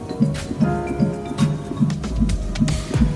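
Fast, regular, muffled thumps with a soft whooshing quality, about 150 beats a minute across eight even beats. This is the heartbeat of a baby in the womb during pregnancy, at a rate within the usual fetal range.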